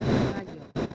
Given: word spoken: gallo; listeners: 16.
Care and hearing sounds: one Spanish word in noise, from a listening test; noise modulated by one talker; -10.6 dB; 1 of 16; 9 of 16; 0.54 s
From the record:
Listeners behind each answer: 9, 3, 1, 1, 1, 1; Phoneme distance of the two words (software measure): 10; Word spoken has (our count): 2 syllables, 4 phonemes, stress on syllable 1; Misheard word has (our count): 2 syllables, 4 phonemes, stress on syllable 1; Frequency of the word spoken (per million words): 13.21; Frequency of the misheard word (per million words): 21.73

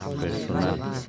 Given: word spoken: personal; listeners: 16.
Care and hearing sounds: one Spanish word in noise, from a listening test; eight-talker babble; -0.8 dB; 0 of 16; 7 of 16; 0.69 s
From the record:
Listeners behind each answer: 7, 1, 1, 1, 1, 1, 1, 1, 1, 1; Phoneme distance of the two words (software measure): 17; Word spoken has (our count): 3 syllables, 8 phonemes, stress on syllable 3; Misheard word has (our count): 4 syllables, 9 phonemes, stress on syllable 3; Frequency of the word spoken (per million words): 183.07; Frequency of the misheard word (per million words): 68.03

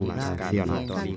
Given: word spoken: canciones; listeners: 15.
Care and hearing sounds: one Spanish word in noise, from a listening test; four-talker babble; -1.3 dB; 2 of 15; 7 of 15; 0.77 s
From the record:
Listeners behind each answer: 7, 2, 1, 1, 1, 1, 1, 1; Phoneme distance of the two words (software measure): 14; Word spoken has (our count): 3 syllables, 9 phonemes, stress on syllable 2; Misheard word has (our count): 2 syllables, 7 phonemes, stress on syllable 2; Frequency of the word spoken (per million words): 34.60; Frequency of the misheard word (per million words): 33.78

